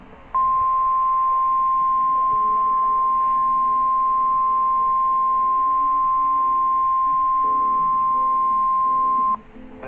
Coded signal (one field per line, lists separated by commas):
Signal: Emergency Alert System (SAME) tones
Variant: 1050 Hz attention tone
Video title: EAS Alerts